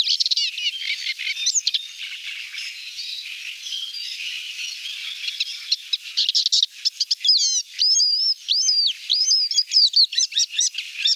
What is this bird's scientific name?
Acrocephalus agricola